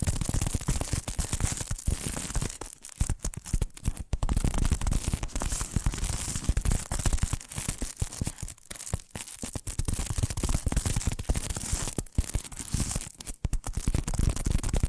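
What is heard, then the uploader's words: Dense tapping and scratching runs almost without pause, crisp and bright, with brief near-silent gaps around three, four, nine and thirteen seconds. ASMR 10 Addictive Tapping Triggers to Wake Up Your Tingles! (No Talking).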